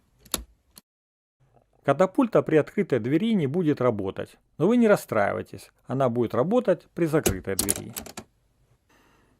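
After the gear gap is adjusted, the plastic door of a LEGO 42184 Koenigsegg Jesko Absolut toy car is fitted into its hinge mechanism and closed, giving a sharp click at 0.3 s followed by a fainter tap. The door seats in place as it should and the mechanism works precisely. Someone then talks for most of the clip.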